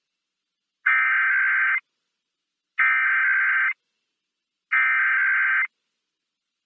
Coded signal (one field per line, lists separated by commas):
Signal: Emergency Alert System (SAME) tones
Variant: header bursts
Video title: EAS Required Monthly Test Nebraska Statewide KFMT +WeatherSTAR4000 (September 2020)